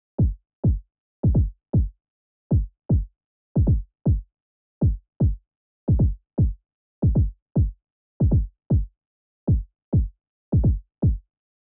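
Fetal heart sounds: a fetal heartbeat at 155 beats per minute, heard as repeated low-pitched thuds.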